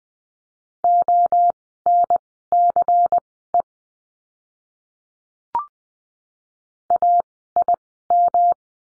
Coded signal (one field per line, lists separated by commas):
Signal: Morse code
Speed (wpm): 20 wpm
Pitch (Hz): 700 Hz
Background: none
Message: ONCE AIM